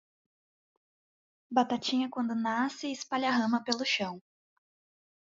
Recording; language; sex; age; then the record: short text; Brazilian Portuguese; female; 30 to 39 years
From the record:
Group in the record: control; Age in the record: 30 years